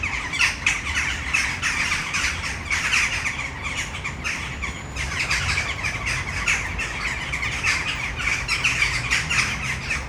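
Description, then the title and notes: Western jackdaws in a noisy roost chorus, many harsh clipped calls overlapping without pause, over faint low city noise. Flock filling a tree in Brno city center, Czech Republic, urban setting, recorded at sunset. "Malinovského nám. 571/1, 602 00 Brno-střed-Brno-město, Česko - Western jackdaws at sunset. A tree full of jackdaws in the city center of Brno"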